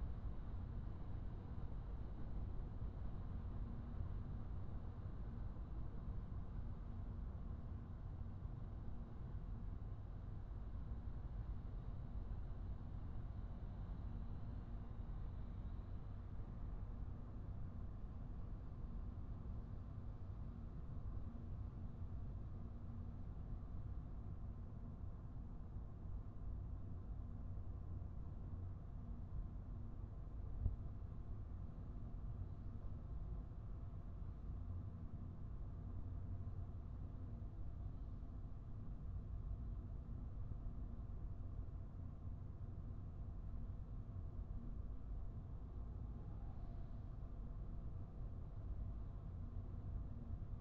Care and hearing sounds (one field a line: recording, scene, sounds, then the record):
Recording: everyday scene through a hearing-aid microphone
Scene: in a vehicle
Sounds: engine, highway driving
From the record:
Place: Skoda Fabia, gasoline engine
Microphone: behind the ear, right, rear